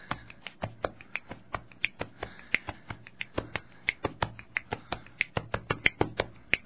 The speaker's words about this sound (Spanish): ¿Qué estamos utilizando en este instante para este ritmo de samba? Chasquido, pechos y palmas. ¿Las palmas qué instrumento nos daría? Si nos imaginamos la parte de batería, las palmas son el redoblante, los chasquidos el hi-hat y el pecho el bombo.